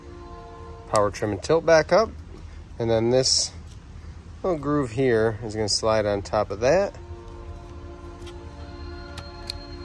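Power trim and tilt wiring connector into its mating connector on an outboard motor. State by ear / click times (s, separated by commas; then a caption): seated / 9.5 s. While refitting the cowl on a Suzuki 9.9, 15 or 20 hp outboard motor during an oil change and winterization, the plastic power trim and tilt wiring connector is reconnected, its groove sliding over the mating connector. Someone talks over faint music and a steady background hum, then a sharp snap at 9.5 s marks the connector snapping into place and connecting.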